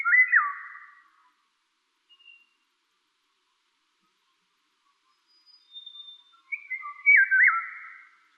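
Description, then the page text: Eurasian golden oriole singing two rich, flute-like yodelling phrases separated by a pause of several seconds, with a faint thin high note in between. "Krzysiek Deoniziak - Обыкновенная иволга (Oriolus oriolus)"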